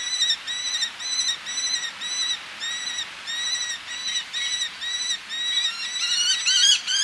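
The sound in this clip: Eleonora's falcon uttering repeated grating notes, about two per second, louder toward the close.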